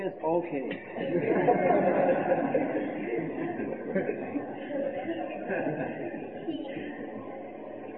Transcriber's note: laughter